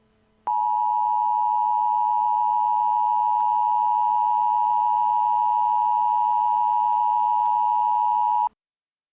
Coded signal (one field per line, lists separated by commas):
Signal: Emergency Alert System (SAME) tones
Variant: 853 and 960 Hz attention tone